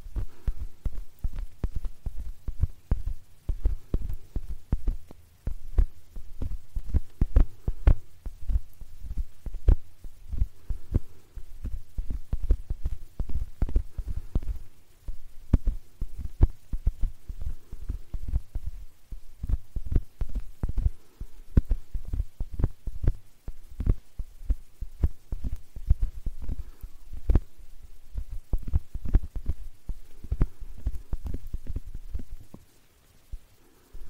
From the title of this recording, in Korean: 포근한 쇠 귀이개 귀청소